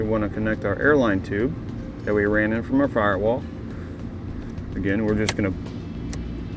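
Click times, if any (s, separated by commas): 6.1 s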